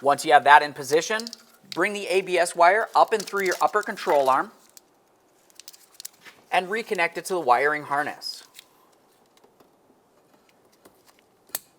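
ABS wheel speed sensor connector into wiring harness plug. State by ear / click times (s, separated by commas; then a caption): seated / 11.6 s. Someone talks while the ABS wheel speed sensor wire on a 1999-2002 Lincoln Navigator is routed up through the upper control arm and its plastic connector is pushed into the wiring harness plug during a wheel bearing and hub assembly replacement. Faint handling clicks and rustles follow the speech. A sharp click at 11.6 s marks the connector seating in the harness.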